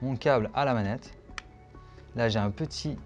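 A USB-C cable fitted with a locking housing is plugged into the port of a Sony DualSense Edge PS5 controller, so the controller doesn't bear the cable's weight and the plug stays held in. Someone talks before and after, and a single sharp click at 1.4 s marks the plug seating in the port.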